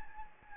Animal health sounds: mosquito wingbeat signal from an infrared sensor; Anopheles gambiae

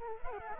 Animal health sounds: mosquito wingbeat signal from an infrared sensor; Culex quinquefasciatus

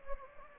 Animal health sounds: mosquito wingbeat signal from an infrared sensor; Anopheles gambiae

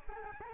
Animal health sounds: mosquito wingbeat signal from an infrared sensor; Aedes albopictus

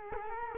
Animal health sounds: mosquito wingbeat signal from an infrared sensor; Culex quinquefasciatus

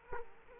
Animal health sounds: mosquito wingbeat signal from an infrared sensor; Culex quinquefasciatus

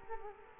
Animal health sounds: mosquito wingbeat signal from an infrared sensor; Culex quinquefasciatus

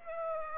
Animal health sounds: mosquito wingbeat signal from an infrared sensor; Aedes aegypti

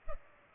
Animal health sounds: mosquito wingbeat signal from an infrared sensor; Culex pipiens

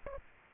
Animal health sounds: mosquito wingbeat signal from an infrared sensor; Aedes aegypti

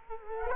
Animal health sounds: mosquito wingbeat signal from an infrared sensor; Culex quinquefasciatus

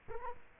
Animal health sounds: mosquito wingbeat signal from an infrared sensor; Culex quinquefasciatus

